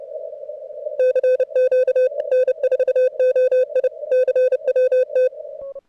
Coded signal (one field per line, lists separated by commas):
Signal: Morse code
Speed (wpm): 30 wpm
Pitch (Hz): 510 Hz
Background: none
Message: CQ N4OI CWT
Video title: CWops 0300 cwt at 550 hz cw